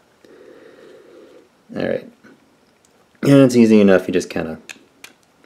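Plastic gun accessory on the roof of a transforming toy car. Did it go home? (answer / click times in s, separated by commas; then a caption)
released / 5.0 s. A plastic gun accessory is pulled off the roof of a transforming toy car in vehicle mode, releasing easily with a sharp plastic click at 5.0 s. Before that, someone talks over a faint background hum, and small taps are heard around 0.3 s and 2.9 s.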